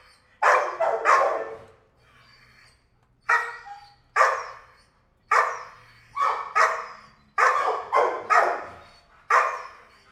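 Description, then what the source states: Dog barking in loud harsh bursts, singles and quick doubles, with a low hum in the gaps. Dog barking in a kennel, recorded from different perspectives in a roomy, quiet room.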